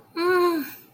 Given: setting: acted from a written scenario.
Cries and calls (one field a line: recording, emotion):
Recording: vocal sound without words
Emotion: distress